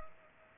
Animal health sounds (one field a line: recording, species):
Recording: mosquito wingbeat signal from an infrared sensor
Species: Culex pipiens